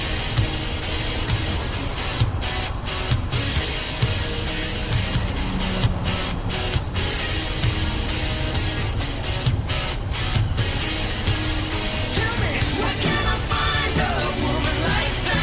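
A car is heard from inside while driving, a steady low rumble of engine and road filling the whole clip at an even level. Short crackling ticks break through often and irregularly, and a rougher hiss of waves or wind swells near the end.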